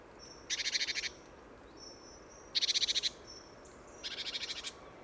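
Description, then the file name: Great tit churring calls: three harsh, buzzy bursts of rapid pulses, each about half a second long, with thin high whistles between them. "Parus major"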